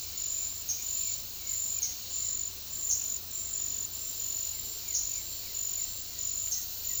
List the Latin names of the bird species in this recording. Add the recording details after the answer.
none. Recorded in secondary vegetation near Puerto Asís, Putumayo, Colombia, on 18 February 2024 at 10:00. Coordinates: 0.500, -76.326. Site G6428